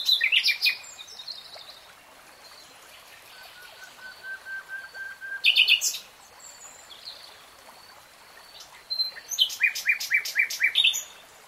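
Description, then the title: Nightingale song in separate phrases with pauses between: sharp clicks, a long soft whistled note, and a closing burst of rapid notes. Real-time recording of a nightingale singing. "[Tiếng chim hót] 3 Hours REALTIME Nightingale Singing"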